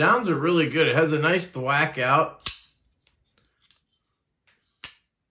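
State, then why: Seated. Someone talks for the first couple of seconds; a sharp snap follows at about 2.5 s, then a few faint ticks. The blade of a large button-lock folding knife is closed into its metal-lined handle, clicking crisply into its closed position at 4.8 s.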